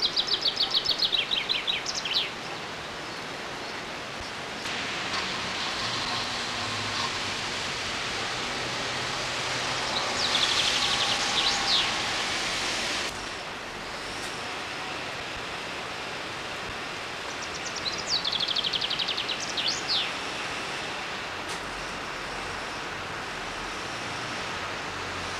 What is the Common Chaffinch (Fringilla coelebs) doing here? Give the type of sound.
song